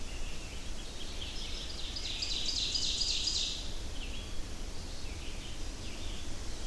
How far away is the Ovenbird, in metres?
about 40 m